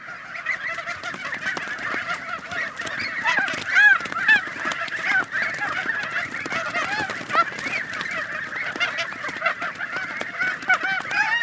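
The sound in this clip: Goose: young geese calling in a dense, continuous chorus of overlapping honks and squeaky nasal notes, many birds at once with no pauses.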